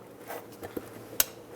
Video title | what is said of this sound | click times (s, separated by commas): How to Replace Front Bumper 2003-09 Toyota 4Runner | make sure it clicks and plug in the daytime running light make sure that clicks perfect | 1.2 s